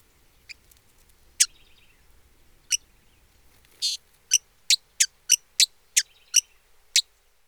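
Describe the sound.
Hooded visorbearer calls: sharp, very high chip notes spanning a broad band, given irregularly then in a faster series of about eight, with a faint buzzy trill in the background.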